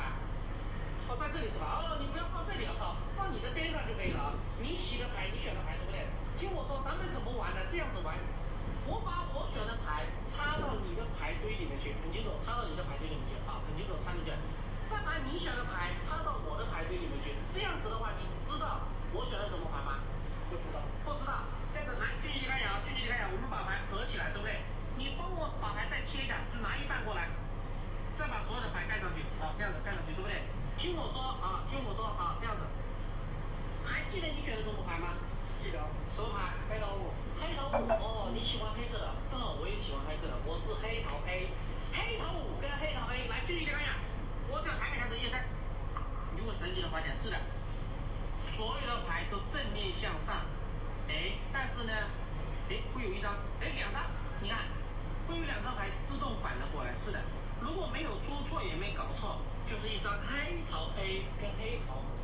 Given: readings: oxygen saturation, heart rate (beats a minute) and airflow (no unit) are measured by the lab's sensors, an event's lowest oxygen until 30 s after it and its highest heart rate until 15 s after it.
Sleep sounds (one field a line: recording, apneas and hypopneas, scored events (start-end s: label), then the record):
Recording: a person awake in a sleep study, by a smartphone at the bedside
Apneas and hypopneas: none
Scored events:
0.00-62.24 s: awake
From the record:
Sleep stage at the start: awake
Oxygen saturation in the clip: 93%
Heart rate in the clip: 61 to 67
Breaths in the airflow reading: 20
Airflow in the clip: -4.5 to 5.1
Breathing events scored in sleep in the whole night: 476 in 9.7 hours asleep